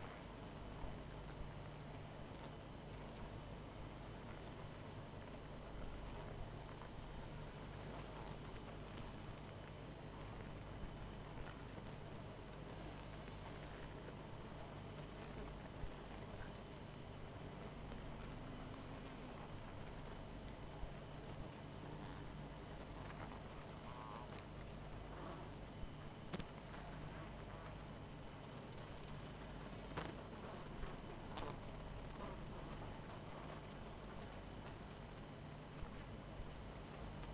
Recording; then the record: honeybee colony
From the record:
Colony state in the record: missing queen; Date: 14 July 2017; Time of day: 23:57